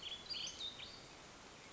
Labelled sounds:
Western Flycatcher
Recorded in Sonoma County, California

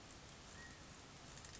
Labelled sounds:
California Quail
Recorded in Sonoma County, California

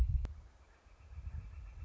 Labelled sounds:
Northern Flicker
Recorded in Sonoma County, California

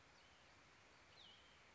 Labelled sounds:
Cassin's Vireo
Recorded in Sonoma County, California

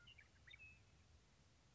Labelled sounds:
Western Meadowlark
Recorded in Sonoma County, California

